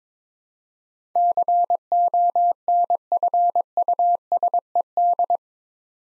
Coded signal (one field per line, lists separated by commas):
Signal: Morse code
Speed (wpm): 22 wpm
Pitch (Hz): 700 Hz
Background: none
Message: CONFUSED